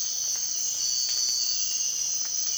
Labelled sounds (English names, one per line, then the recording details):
none
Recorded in dense forest near Puerto Asís, Putumayo, Colombia, on 24 March 2025 at 05:00
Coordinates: 0.499, -76.324
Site GP03